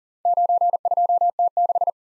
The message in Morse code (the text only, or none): 92T6